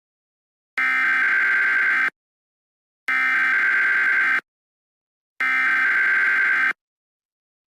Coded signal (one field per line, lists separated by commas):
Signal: Emergency Alert System (SAME) tones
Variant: header bursts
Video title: EAS Scenario #9 - Hyper Tornadoes (A start of a new series....)